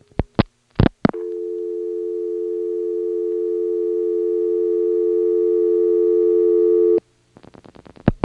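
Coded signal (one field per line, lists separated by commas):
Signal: telephone call progress tone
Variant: North America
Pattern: dial tone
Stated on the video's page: Call progress tone heard through a motel PBX, NX1 exchange in Siler City NC, 1977.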